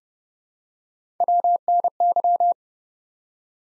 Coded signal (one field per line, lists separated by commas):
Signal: Morse code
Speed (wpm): 30 wpm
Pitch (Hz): 700 Hz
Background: none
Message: WNY